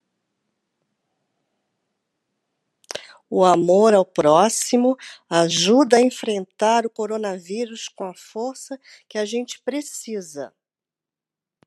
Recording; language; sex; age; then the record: spoken sentence; Brazilian Portuguese; female; 50 to 59 years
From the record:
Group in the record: control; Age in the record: 59 years